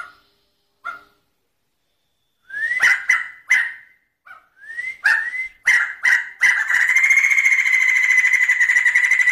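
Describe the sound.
Bird song: scattered sharp rising whistles and clipped notes that quicken, then run into a long, steady, buzzy trill held to the end.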